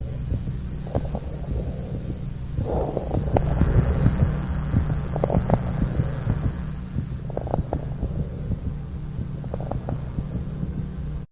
A dog with crackles associated with bronchitis. Note the sinus arrhythmia in the background, which is more typical of pulmonary disease than heart failure.